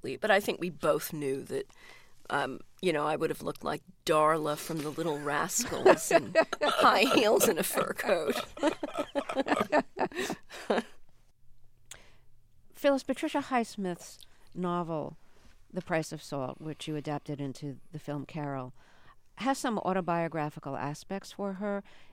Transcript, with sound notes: But I think we both knew that, you know, I would've looked like Darla from "The Little Rascals..."
(LAUGHTER)
...In high-heels and a fur coat.
(LAUGHTER)
Phyllis, Patricia Highsmith's novel, "The Price Of Salt," which you adapted into the film "Carol," has some autobiographical aspects for her.